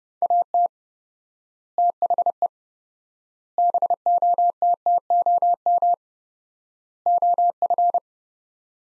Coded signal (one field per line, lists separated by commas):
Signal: Morse code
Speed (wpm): 31 wpm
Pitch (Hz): 700 Hz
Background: none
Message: AT THE BOTTOM OF